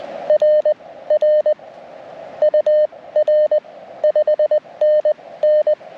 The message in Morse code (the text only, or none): RR UR 5NN